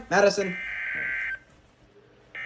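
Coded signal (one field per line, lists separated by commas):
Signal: Emergency Alert System (SAME) tones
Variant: header bursts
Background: speech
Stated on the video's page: NOAA Weather Radio severe thunderstorm warning.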